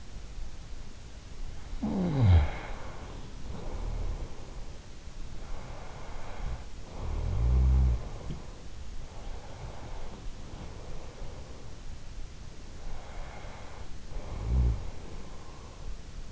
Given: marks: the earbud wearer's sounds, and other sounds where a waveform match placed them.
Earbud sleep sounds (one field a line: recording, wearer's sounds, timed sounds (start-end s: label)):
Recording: sounds in sleep by an in-ear microphone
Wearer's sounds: snoring breath, breath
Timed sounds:
0.96-4.73 s: snoring breath
5.22-8.81 s: snoring breath
8.81-11.76 s: breath
12.62-15.37 s: snoring breath